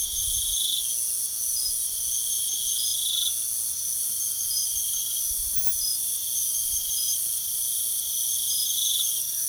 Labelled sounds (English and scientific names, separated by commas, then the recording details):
none
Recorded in pastures near Puerto Asís, Putumayo, Colombia, on 9 March 2025 at 02:30
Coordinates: 0.497, -76.327
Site G072